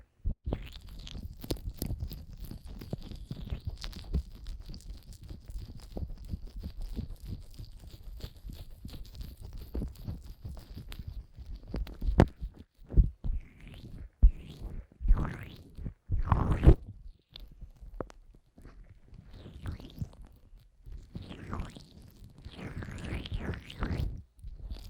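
Fast, dense rubbing and squishing of cream in an ear for twelve seconds, then slower scattered wet crackles and soft rustling bursts.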